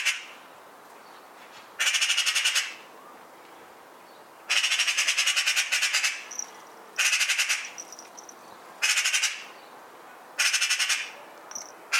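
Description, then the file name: Eurasian magpie calling in repeated harsh rattling chatters, several bursts of rapid pulses, some short, some over a second, with soft background noise. "Pica pica"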